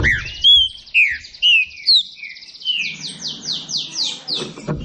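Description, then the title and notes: Green-winged saltator song: a few clear slurred whistles, followed by a quick run of buzzy descending notes. Classic song style (canto clássico) of the green-winged saltator, used for training singing birds. "Canto Clássico Trinca Ferro TREINAMENTO. trinca fero"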